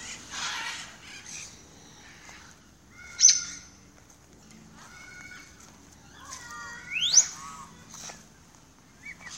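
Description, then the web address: Parrot calls spaced out: a rasping burst, then short whistled notes and a loud rising screech followed by softer calls. "The Bird Sanctuary parrots"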